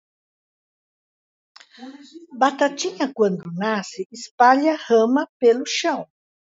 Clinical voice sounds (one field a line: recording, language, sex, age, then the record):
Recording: short text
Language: Brazilian Portuguese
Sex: female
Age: 70 to 79 years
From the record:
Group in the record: control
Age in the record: 70 years